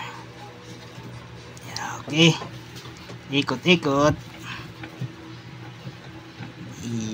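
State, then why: Seated. A locking piece is placed on a spin dryer housing and twisted into place while someone talks. A single sharp click sounds at 4.8 s as it locks in, and the lock is seated.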